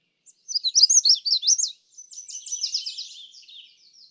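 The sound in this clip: Magnolia warbler song, a fast string of high, wavering slurred notes, followed by a softer, buzzier trailing series of high notes.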